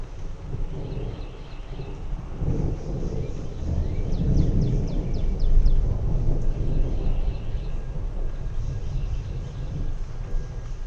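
Rolling thunder rumbles low and steady, swelling midway, while a bird chirps briefly in quick bright notes over a faint hiss.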